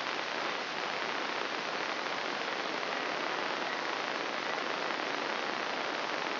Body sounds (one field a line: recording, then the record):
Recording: brain microelectrode recording played as sound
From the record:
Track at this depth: inside the subthalamic nucleus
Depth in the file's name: 2.111 mm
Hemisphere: left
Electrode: 3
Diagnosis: Parkinson's disease